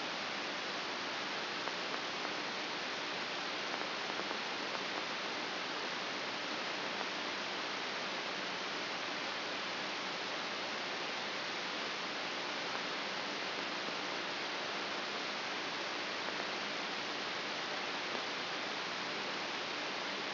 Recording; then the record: brain microelectrode recording played as sound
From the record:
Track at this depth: outside the subthalamic nucleus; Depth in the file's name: 6.414 mm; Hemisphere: left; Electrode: 3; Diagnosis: Parkinson's disease